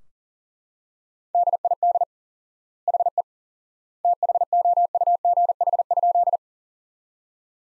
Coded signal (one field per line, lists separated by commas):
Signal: Morse code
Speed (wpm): 37 wpm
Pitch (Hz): 700 Hz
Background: none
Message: DID HE THOUGH?